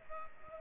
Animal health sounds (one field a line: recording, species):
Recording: mosquito wingbeat signal from an infrared sensor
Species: Culex pipiens